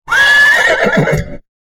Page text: 馬のいななき。